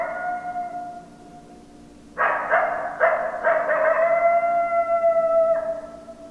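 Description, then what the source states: Coyote howls: the tail of one tonal howl fades, then a new howl begins with a few quick broken pulses before settling into a long steady note. Recorded 10 December 2012; coyotes, plural.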